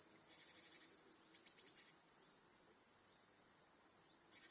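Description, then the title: Crickets trilling together in a continuous high-pitched shimmer, with a small dip in volume near the end. Backyard crickets chorusing at night. "Crickets in Your Backyard 🏡. Discovering the Sounds of Home"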